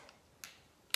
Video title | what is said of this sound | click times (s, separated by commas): How to Swap out the Refill Cartridge in Beautycounter's Cheeky Clean Cream Blush | pops right in that's it super easy | 0.9 s